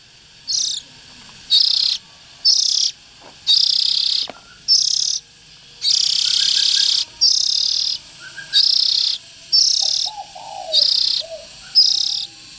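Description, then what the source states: Oriental magpie-robin giving harsh, hissing rasps roughly once a second, most bursts about half a second long, with faint soft whistles underneath. Young Oriental magpie-robins (chích chòe than non).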